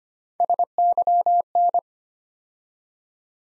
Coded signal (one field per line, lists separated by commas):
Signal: Morse code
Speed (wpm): 25 wpm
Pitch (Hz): 700 Hz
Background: none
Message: SYN